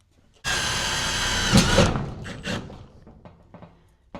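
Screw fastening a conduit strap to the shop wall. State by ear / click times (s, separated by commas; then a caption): stripped / 4.1 s. A drill drives a screw to fasten a metal conduit strap to the shop wall. The drill whirs steadily from about 0.4 s to 2 s, then trails off as the screw strips out, with a few small knocks afterward and a sharp click at 4.2 s. The screw is left stripped.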